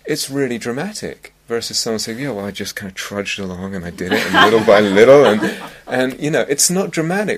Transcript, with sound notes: It's really dramatic, versus someone saying, "Yeah, well, I just kind of trudged along, and I did it, and little by little, and ..." [laughter] And, you know, it's not dramatic.